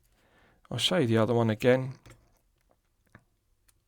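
Someone talks while handling a watch head and the end of its steel bracelet, getting ready to push the bracelet's quick-release end link into the case lugs. A few faint small ticks follow the talk, but the clip ends before the part goes home, so nothing has seated or clicked yet.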